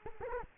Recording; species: mosquito wingbeat signal from an infrared sensor; Culex quinquefasciatus